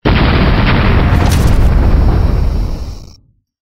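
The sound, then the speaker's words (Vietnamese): A deep, thunderous rumbling explosion roars continuously with a crackling, fiery texture, staying loud for about three seconds before fading out quickly. No voices are heard. “Ngay sau đó, chợt nghe năm âm thanh vang lên như sấm rền truyền đến, xích diễm hỏa long phát ra hỏa quang mãnh liệt, vô số nham thạch nóng chảy giống như sao băng mưa lửa rơi xuống, giáng xuống trọng thủy chân luân.”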